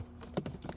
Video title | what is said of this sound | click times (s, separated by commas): Teaching my Son "to fish" instead of paying crazy dealer mark ups! Air filter change DIY VW Atlas | You hear three stuck tabs, right? Pop. | 0.4 s, 0.5 s, 0.7 s